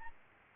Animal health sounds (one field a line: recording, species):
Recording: mosquito wingbeat signal from an infrared sensor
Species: Aedes albopictus